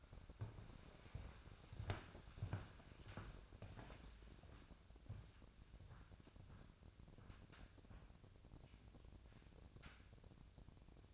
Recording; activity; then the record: daily activity, microphone in the room; walk to room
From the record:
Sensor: 2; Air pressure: 999.8 hPa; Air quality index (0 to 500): 122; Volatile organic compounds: 2 ppm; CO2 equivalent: 1059 ppm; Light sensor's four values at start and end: 33/80/36/40 and 34/82/37/41